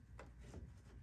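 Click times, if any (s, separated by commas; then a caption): none. The plastic pin end of a replacement shock absorber for a Whirlpool Duet washer, fitted because the washer was shaking and squeaking violently, is handled at the mounting hole in the washer tub or base, pushed in and turned. Low rubbing and scraping handling noise is heard, with a brief sharp tap at 0.2 s. Nothing has seated or snapped in yet.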